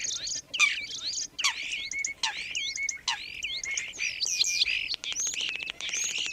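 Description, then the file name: Common starling song of varied whistled swoops, chirps and squeaks, ending in fast clicking rattles and wheezes. "kuldnokk"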